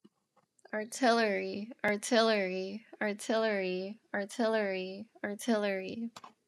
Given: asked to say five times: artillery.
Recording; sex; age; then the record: repeated word; female; 20 to 29 years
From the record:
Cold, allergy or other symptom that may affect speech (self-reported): no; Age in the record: 26 years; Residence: Indiana, United States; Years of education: 12